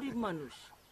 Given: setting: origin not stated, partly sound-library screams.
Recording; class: one-second piece from a danger detection set; normal situation